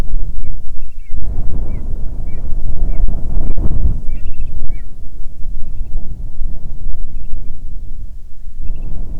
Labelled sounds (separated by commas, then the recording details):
bird, wind
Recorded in the Arctic National Wildlife Refuge, Alaska, on 9 July 2019 at 21:42
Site 48